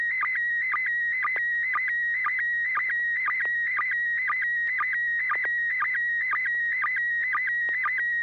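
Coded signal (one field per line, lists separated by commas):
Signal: SSTV (slow-scan television)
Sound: steady warbling tone with quick low chirps repeating about twice per second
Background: low hum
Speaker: yeah I've got one to send out and let's see oops turn on templates I almost forgot to do that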